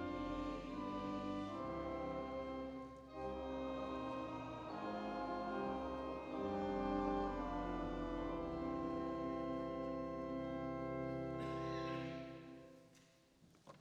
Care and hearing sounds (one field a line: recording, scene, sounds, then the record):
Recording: everyday scene through a hearing-aid microphone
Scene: reverberant space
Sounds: music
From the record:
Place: church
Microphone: in the ear canal, right